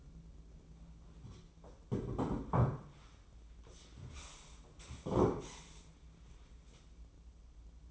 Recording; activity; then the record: daily activity, microphone in the room; sit down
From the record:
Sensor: 1